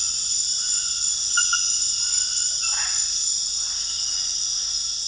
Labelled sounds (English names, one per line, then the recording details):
none
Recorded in dense forest near Puerto Asís, Putumayo, Colombia, on 4 March 2025 at 22:00
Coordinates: 0.484, -76.325
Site G045